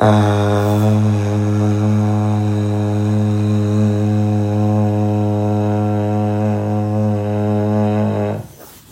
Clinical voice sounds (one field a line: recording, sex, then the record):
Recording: sustained vowel /a/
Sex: male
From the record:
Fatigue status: no fatigue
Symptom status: asymptomatic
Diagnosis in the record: COVID-19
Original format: m4a